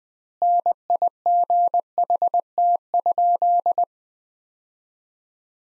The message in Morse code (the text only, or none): NIGHT?